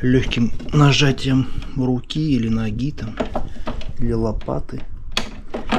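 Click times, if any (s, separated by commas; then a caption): 5.2 s. Someone talks while the spring-loaded plastic button of a Karcher DS6.000 / DS5.800 vacuum cleaner's plastic housing is inserted and pressed home by hand with light pressure. A sharp snap is heard at 5.2 s as the button seats and is fixed in place.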